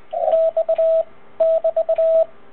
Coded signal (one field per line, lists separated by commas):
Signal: Morse code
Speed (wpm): 20 wpm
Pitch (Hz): 650 Hz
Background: radio noise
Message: X <BT>